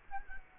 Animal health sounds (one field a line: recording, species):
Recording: mosquito wingbeat signal from an infrared sensor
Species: Culex quinquefasciatus